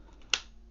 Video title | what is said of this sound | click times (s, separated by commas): Change Nikon lens safely step to step guide | that's locked | 0.3 s